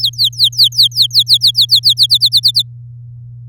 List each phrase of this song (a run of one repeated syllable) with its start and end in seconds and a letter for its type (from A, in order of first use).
0.01-1.94 A, 1.97-2.62 B